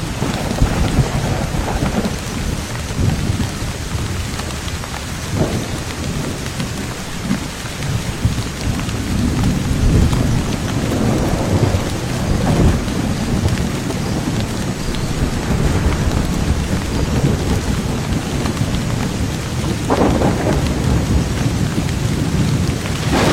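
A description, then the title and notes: Steady, dense rain falls on broad leaves, with a deep rumble underneath and occasional louder splashes, around five and twenty seconds. It rains in the banana orchard. In the tile house.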